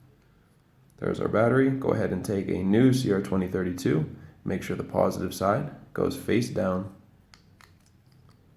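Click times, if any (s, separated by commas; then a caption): none. A new CR2032 coin cell is picked up and turned positive side face down for a 2008–2010 Chrysler 300 key fob battery holder while someone talks. After the talking stops, light handling ticks come at about 7.3, 7.6, 7.9, 8.1 and 8.3 seconds. Nothing has seated or clicked yet.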